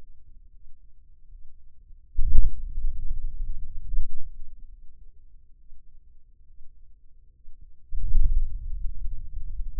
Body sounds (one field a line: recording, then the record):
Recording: forearm muscle sounds (acoustic myography)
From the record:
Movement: hand opening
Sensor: system 2, bracelet of six BSWA MPA416 microphones around the upper forearm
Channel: 5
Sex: male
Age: 22 years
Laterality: right